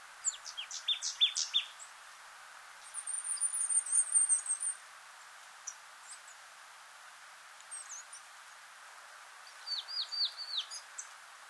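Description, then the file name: Marsh tit calls: a cluster of sharp, high downslurred notes, then a thin buzzy run of rapid high notes, and later another burst of quick descending chips over faint background hiss. "Poecile palustris"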